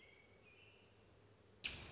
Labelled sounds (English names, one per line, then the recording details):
American Robin
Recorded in Sonoma County, California